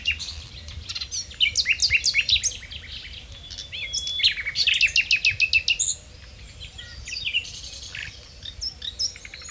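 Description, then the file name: Common nightingale song: loud bursts of rapid repeated notes and sharp whistled phrases. "Luscinia megarhynchos"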